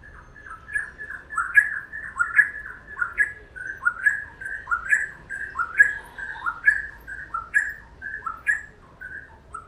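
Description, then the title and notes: Wren singing, quick bright whistled phrases with rising and falling notes, repeated in a rapid, chattering sequence through the whole stretch. "Cucarachero by Kellyn Parra Garcia"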